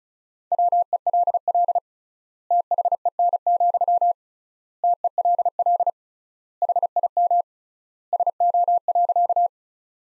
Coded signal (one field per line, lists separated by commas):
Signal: Morse code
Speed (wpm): 34 wpm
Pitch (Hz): 700 Hz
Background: none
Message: WELL THEN, TELL HIM SO.